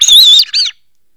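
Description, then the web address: Bird call: a loud, harsh, wavering squawk followed by a shorter second note, high-pitched, over about three quarters of a second, then silence. "Greytsounds VOL-1 BIRD CALL FX BIRD"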